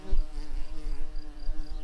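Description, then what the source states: Tree bumblebee buzz, a steady droning hum with layered harmonic tones and slight wavering pitch throughout. Queen tree bumblebees.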